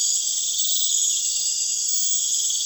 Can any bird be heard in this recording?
no